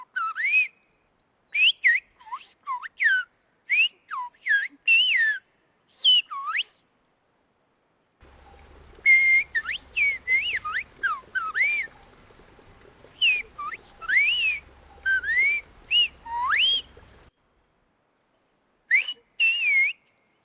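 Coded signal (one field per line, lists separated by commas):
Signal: whistled language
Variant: whistled Béarnais Occitan (Aas)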